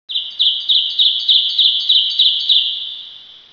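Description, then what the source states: Bird chirping: rapid high, bright chirps repeated about three times a second in a steady run, fading toward the end. Ambience.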